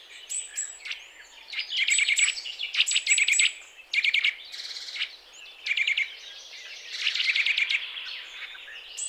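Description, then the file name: Eurasian nuthatch calls in quick bursts of short, sharp repeated notes, several series over nine seconds. "Sitta europaea"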